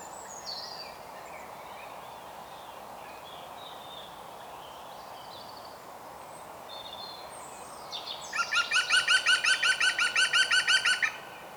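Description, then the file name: European green woodpecker: after faint high notes, a sudden run of loud, ringing, laugh-like notes, roughly three per second, fills the last few seconds. "Groene Specht Picus viridis"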